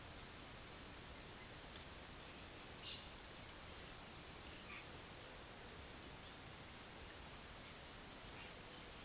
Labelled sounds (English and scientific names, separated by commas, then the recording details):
none
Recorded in pastures near Puerto Asís, Putumayo, Colombia, on 8 March 2025 at 11:00
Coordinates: 0.487, -76.322
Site G077